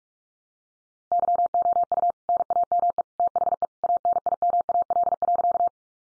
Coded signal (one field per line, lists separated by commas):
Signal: Morse code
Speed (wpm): 44 wpm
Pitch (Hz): 700 Hz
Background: none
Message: YOU NAME THE ANIMAL.